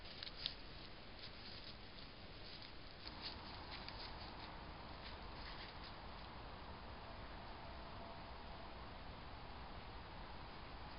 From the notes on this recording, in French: Un petit pont au dessus d'un ruisseau : lieu de passage d'animaux la nuit.